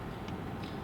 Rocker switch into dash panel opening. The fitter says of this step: and it won't lock in place so